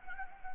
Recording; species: mosquito wingbeat signal from an infrared sensor; Anopheles gambiae